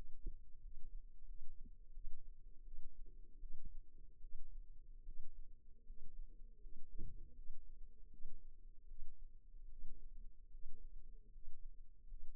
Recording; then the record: forearm muscle sounds (acoustic myography)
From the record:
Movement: rest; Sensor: system 2, bracelet of six BSWA MPA416 microphones around the upper forearm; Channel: 2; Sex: female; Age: 23 years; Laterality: right